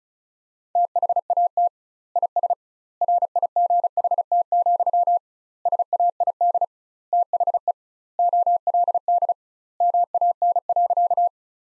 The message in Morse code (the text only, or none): THAT IS RIGHT, SAID THE OLD MAN.